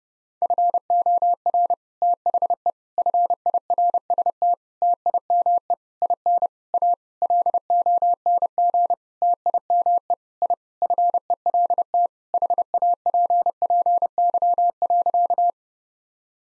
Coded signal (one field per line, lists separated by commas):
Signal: Morse code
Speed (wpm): 30 wpm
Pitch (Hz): 700 Hz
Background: none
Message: FOR THE FIRST TIME IN A LONG TIME I FELT HAPPY.